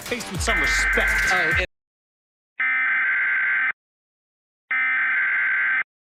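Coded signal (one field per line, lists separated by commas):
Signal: Emergency Alert System (SAME) tones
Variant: header bursts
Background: speech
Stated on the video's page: Recreation of a tornado warning on a Charter cable system, using valid EAS tones.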